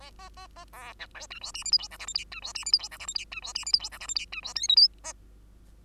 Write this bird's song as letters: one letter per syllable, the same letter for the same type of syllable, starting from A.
A A A A B C D E F G H I J K L M N E F G H I J K L M N E F G H I J K L M N E F O P Q A